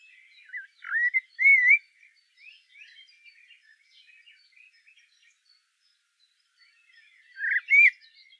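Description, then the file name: Common blackbird song: two short bursts of fluty warbled whistles followed by quiet twittering, then a long pause and one more fluty phrase. "Turdus merula"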